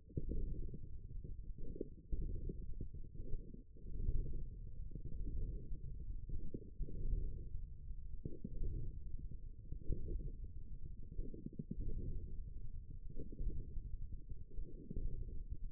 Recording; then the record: forearm muscle sounds (acoustic myography)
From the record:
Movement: ulnar deviation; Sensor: system 1, eight BSWA MPA416 microphones around the upper forearm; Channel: 7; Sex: male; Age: 54 years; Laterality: right